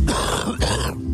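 Two harsh, low, throaty cough bursts about half a second apart, acted to illustrate a troublesome cough.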